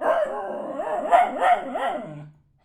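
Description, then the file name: Dog howling in a wavering, yodel-like series of rising and falling notes, ending in a low fading tone. "Jazz The Dog Howl Bark"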